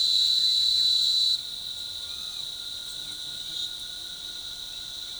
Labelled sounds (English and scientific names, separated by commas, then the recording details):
none
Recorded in forest near Pivijay, Magdalena, Colombia, on 16 April 2023 at 09:00
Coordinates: 10.467, -74.380
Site Z5-G034